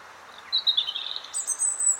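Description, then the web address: European robin song: a short, high, wavering warble that jumps to a piercing, very high thin note. "SETE Erithacus rubecula"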